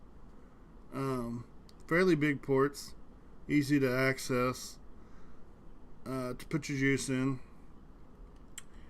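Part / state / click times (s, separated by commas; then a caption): hinged fill lid latching onto vape tank top cap / seated / 8.6 s. Someone talks about the fairly big, easy-to-access juice fill ports on both sides of a Uwell Valyrian vape tank. The hinged metal top-fill lid is then closed onto the tank's top cap and latches with a sharp click at 8.6 s.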